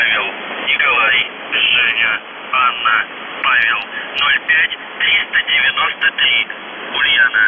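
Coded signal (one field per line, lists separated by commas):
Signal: numbers station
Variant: UVB-76, Russian voice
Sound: a voice reading short words over a narrow, noisy radio channel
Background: radio static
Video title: The Buzzer/UVB-76(4625Khz) November 25+26, 2021 Voice messages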